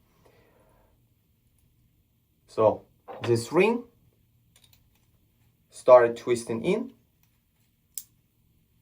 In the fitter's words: You could hear the click. That's it. Razor is assembled.